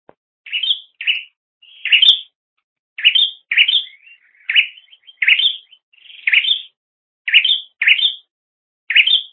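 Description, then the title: Bird chirping: quick chirps, some run together into short twittering bursts, delivered in an uneven series with occasional pauses. "kikicau"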